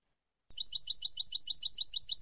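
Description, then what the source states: European goldfinch song: a dense, fast train of high twittering syllables repeating without break, with a faint low rumble underneath. Clean goldfinch song recording on a CD made for copying, for song training.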